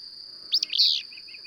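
Bird giving two quick high chirps and a longer note, over a steady high whine.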